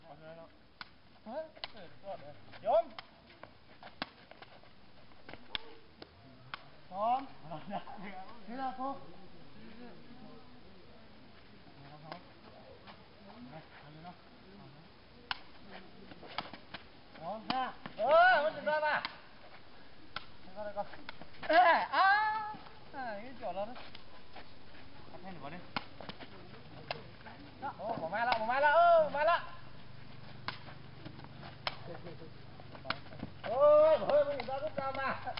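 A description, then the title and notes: Young men play sepak takraw in a mountain village, their voices carrying steadily throughout, with louder shouts and calls rising around 18, 22, 29 and 34 seconds. Sharp knocks and thuds of play come through at intervals, and a low hum settles underneath after about 26 seconds. A group of young men playing Sepak Takraw (foot only volleyball) in a small village in the late afternoon in the mountains of Namtok Mae Surin National Park in the northwest of Thailand, near the border with Burma.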